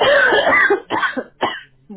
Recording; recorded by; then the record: voluntary cough; telephone call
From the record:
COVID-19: positive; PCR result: checked with the laboratory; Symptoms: yes